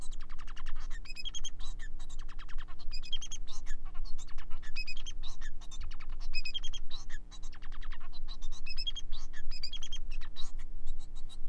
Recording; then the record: song of a male Bengalese finch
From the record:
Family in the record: son of father 4